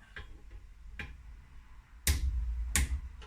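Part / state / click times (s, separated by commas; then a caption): torque wrench on connecting rod big end cap bolt / torque reached / 2.8 s. A torque wrench tightens the second connecting rod big end cap bolt, with light ratcheting ticks near 0.2 and 1.0 s, then two sharp loud clicks at 2.1 and 2.8 s and a faint tick at 3.2 s. The wrench clicks at its setting at 2.8 s, and both bolts are confirmed at 27 foot-pounds.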